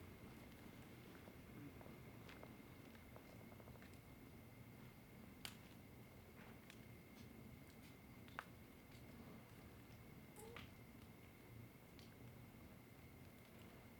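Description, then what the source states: Cricket giving a thin, steady high trill that runs unbroken throughout, with scattered sharp crackles and pops from a fire over a low background hum. At night at a campsite hut, with fire crackle and embers.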